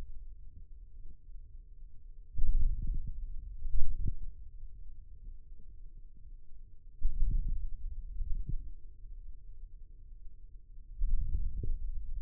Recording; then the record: forearm muscle sounds (acoustic myography)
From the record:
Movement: hand closing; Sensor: system 2, bracelet of six BSWA MPA416 microphones around the upper forearm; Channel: 4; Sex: male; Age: 22 years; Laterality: right